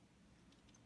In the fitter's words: make sure it's locked into place and now you'll see it sits more in the middle of this